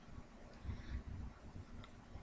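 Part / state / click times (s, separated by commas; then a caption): plastic tow hook piece folding over the handle of a toy sword accessory / not seated / none. The plastic tow hook piece of a transforming-robot toy is handled after being unhooked from its notch, slid back and folded down and around over the handle of the toy sword accessory. Soft, low handling rumble and faint rustling are heard, with one brief faint tick near 1.8 s. Nothing has clicked or seated into place yet.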